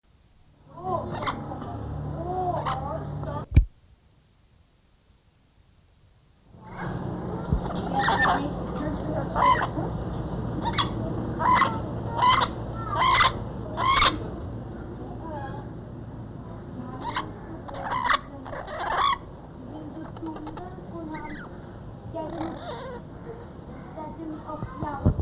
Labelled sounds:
Tucuman Amazon call
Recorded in captivity
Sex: group
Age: adult
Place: Zoo Karlsruhe, Baden-Württemberg, DE
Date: 2000-09-26 15:07
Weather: heiter, 16 - 17°C
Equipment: Nagra SN, Kopie Uher 4000 Report Monitor
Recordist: Tembrock, Günter
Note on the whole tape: Gruppe (Rote Liste!): diverse Lautformen

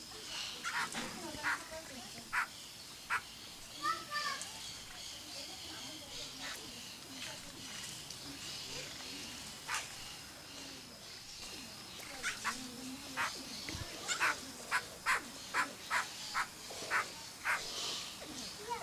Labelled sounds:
Red-winged Laughingthrush call
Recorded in captivity
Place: Zoo Halle, Sachsen-Anhalt, DE
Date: 2003-10-19 15:00
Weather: fair, ca. 3-4°C
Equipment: Fair Mate ST-1328 (Asahi Electronics, Japan), Sennheiser ME 80, Kopie Uher 4000 Report Monitor
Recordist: Tembrock, Günter

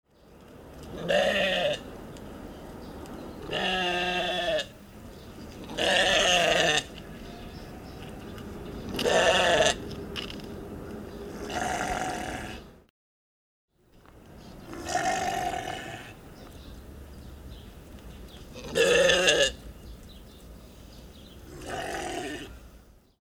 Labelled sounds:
Argali
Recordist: Tembrock, Günter
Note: Paar: Rufe beider Tiere

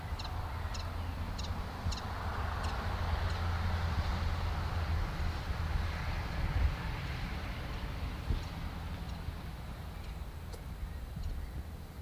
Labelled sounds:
Common Chiffchaff
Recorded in the wild
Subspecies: collybita
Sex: male
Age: adult
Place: im Schönbuch in der Nähe von Entringen bei Ammerbuch, Schönbuch, Baden-Württemberg, DE
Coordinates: 48.5956, 8.98278
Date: 1969-06-18 16:20
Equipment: Nagra III PH, MD 211, PES 26
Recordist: Schneider, Hans-Joachim
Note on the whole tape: In der Nähe des Sportplatzes von Entringen. Ein Männchen, sehr erregt durch beständiges Locken, bringt Rivalentriller, schnell gereihte Zwischenlaute teilweise auch im Flug. (Im mittleren Bandteil einige technichsche Störungen, sonst gute Tonqualität.) Sonagramm

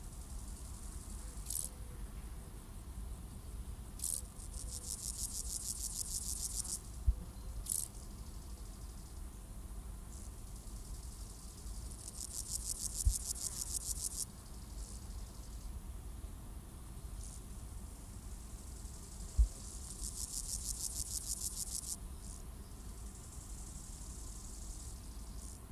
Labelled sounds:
Meadow Grasshopper stridulation
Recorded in the wild
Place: Strausberg, Barnim, Brandenburg, DE
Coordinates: 52.5375, 13.8989
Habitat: meadow
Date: 1989-08-13 18:12
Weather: sonnig, 26°C in Sonne
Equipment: Riporter 6 RG-K, Halbspur, Sennheiser MKH 416 T
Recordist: Frommolt, Karl-Heinz

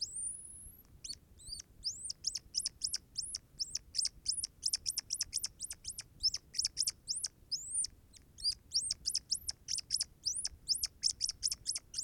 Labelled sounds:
Hazel Dormouse
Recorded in captivity
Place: Zoologisches Institut der HUB, Berlin, DE
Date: 1969-11-22
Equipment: Studioanlage
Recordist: TSA
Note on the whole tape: Abwehrlaute in Schallkammer

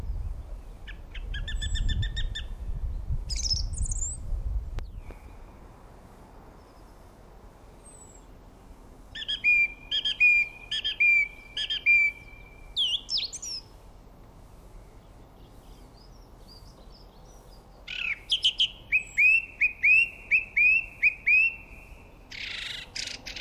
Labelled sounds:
Song Thrush song
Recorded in the wild
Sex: male
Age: adult
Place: Erlangen, Bayern, DE
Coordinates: 49.6086, 10.9697
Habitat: wood
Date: 1962-04-03
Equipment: Stellavox SM 4a, Original, Vollspur
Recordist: Tretzel, Erwin

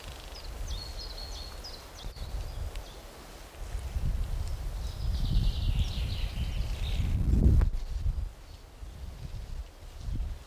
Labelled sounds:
Common Chaffinch song
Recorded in the wild
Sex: male
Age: adult
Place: Buckow (Märkische Schweiz), Märkische Schweiz, Brandenburg, DE
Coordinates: 52.5536, 14.0725
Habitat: lake
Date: 1988-04-16 10:59
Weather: sunny, 18-19°C
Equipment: Sony WM-D6C, Sony ECM-939 LT, Kopie 19 cm
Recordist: Tembrock, Günter

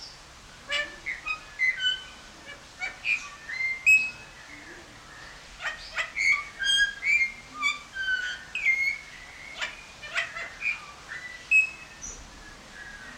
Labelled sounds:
Golden Myna
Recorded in captivity
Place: Zoo Berlin, Berlin, DE
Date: 1994-02-11 11:33
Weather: Bedeckt, 4°C
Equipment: Marantz CP 130, Sennheiser ME 80, Kopie Uher Variocord 263
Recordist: Tembrock, Günter

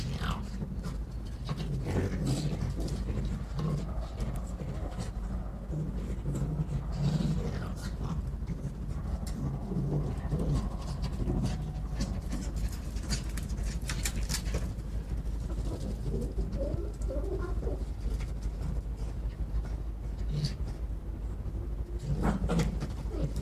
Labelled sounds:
Arctic Fox
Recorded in captivity
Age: adult
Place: Zoologisches Institut der HUB, Berlin, DE
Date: 1957-03-22 18:30
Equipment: Elmetra
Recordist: Tembrock, Günter
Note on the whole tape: Fuchsanlage: Knurren und Knätschen (Szene nicht beobachtet)

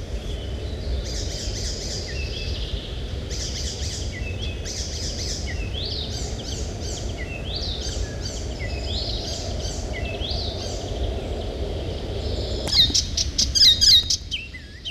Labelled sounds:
Icterine Warbler song
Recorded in the wild
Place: Petersau, Rheinland-Pfalz, DE
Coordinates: 49.5728, 8.41472
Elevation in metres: 94
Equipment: Uher 4000 Report, Sennheiser MKH 815 T
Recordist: Tretzel, Erwin

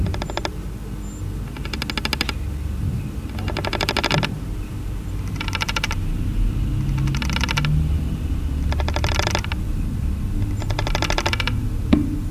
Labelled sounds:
Death-watch Beetle
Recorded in captivity
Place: Zoologisches Institut der HUB, Berlin, DE
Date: 1969-05-13 19:50
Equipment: Uher 4200 Report Stereo, Sennheiser MD 421, Vorverstärker
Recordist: Tembrock, Günter

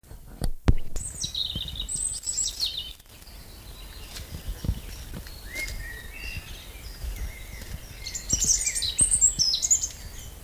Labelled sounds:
European Robin song
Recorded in the wild
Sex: male
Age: adult
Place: Lübars (Fließtal), Berlin, DE
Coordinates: 52.6167, 13.35
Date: 2000-05-14 18:25
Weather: fair, ca. 23°C
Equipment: Nagra SN, Kopie Uher 4000 Report Monitor
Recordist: Tembrock, Günter

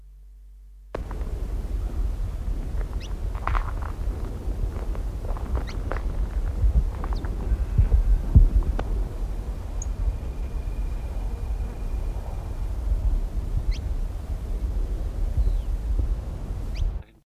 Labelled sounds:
Saffron Finch contact call
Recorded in the wild
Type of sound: contact call
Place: Buenos Aires, AR
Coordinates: -34.56, -58.45
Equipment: Halbspur, 9,5 cm/s
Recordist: Lütgens, Hans
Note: Belgrano

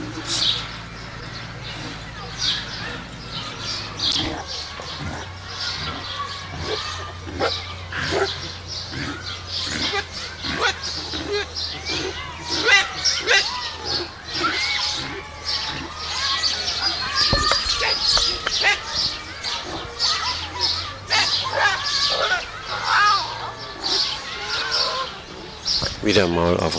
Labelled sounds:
Collared Peccary call
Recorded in captivity
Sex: female
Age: adult
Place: Zoo Berlin, Berlin, DE
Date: 1986-05-23 11:24
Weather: sunny, 15°C
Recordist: Tembrock, Günter
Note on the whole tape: Weißbandpecari - Weibchen: diverse Laute

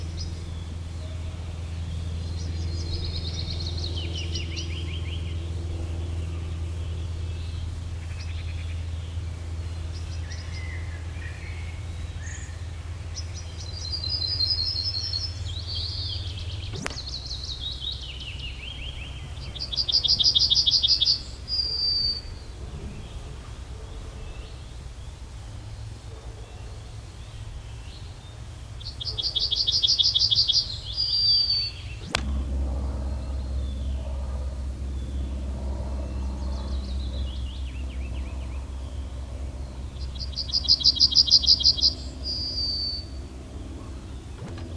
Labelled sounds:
Yellowhammer song
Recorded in the wild
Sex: male
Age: adult
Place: Schloß Holte-Stukenbrock, Senne, Nordrhein-Westfalen, DE
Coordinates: 51.8692, 8.66167
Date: 1972-06-17
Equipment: Uher 4200 Report Stereo, Bändchenmikro Beyer M 260, Parabolspiegel Polyester (600 mm)
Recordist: Conrads, Klaus
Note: Nähe Hof Stall (Furlbach-Gebiet). Männchen: Gesang

